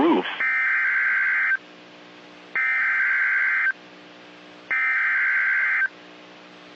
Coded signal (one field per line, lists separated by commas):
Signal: Emergency Alert System (SAME) tones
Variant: header bursts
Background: speech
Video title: EAS - PDS Severe thunderstorm warning for North-central Texas (Significant tornadoes possible!!)